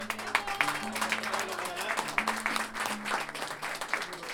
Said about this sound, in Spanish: Démosle el aplauso para nuestro amigo.